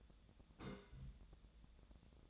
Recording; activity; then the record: daily activity, microphone in the room; place on stove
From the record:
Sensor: 3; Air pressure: 1000.0 hPa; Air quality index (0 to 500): 126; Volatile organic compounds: 2 ppm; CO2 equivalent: 1132 ppm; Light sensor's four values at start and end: 39/98/42/46 and 39/98/42/46